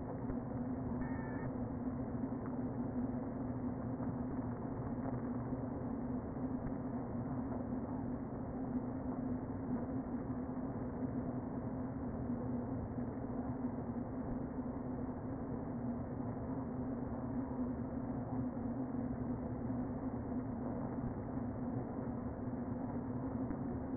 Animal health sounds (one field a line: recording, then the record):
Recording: honeybee colony, microphone inside the hive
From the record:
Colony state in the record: queen present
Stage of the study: before two queens were removed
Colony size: about 60,000 bees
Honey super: yes